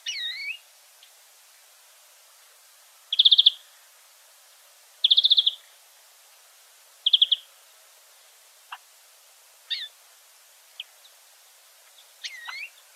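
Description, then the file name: European greenfinch calls: three short rattling trills about two seconds apart, with a few thin slurred notes and single clicks before and after them. "Chloris chloris"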